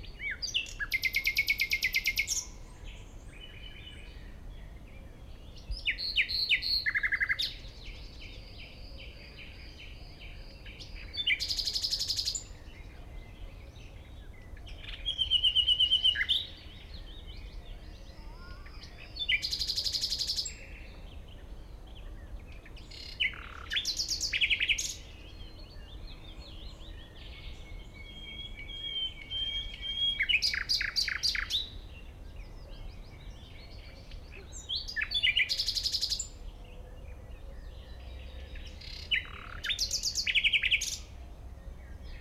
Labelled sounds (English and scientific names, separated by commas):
Common Nightingale (Luscinia megarhynchos) song